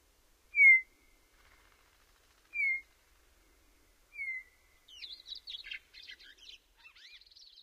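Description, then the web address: Western meadowlark singing: three clear downslurred whistles, then a rapid, jumbled gurgling phrase of warbled notes. North America; western species. "Know Your Bird Sounds Common Western Species 14-Western Meadowlark"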